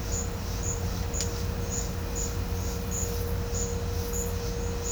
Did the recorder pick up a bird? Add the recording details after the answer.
no. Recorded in pastures near Puerto Asís, Putumayo, Colombia, on 21 December 2024 at 11:30. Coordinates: 0.502, -76.324. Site G077